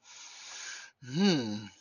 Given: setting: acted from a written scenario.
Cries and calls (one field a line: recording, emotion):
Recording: vocal sound without words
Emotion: desire